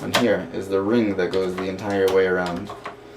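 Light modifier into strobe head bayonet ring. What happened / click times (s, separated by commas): The part is being handled but has not seated yet / none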